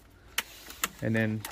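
Plastic retaining clips on a Mazda RX7 rear spoiler, which was about to fly off, are pushed by hand into the car body, with no bolts or screws holding it down. Two sharp clicks ring out at 0.4 s and 0.8 s as the clips snap in and seat, and then someone talks.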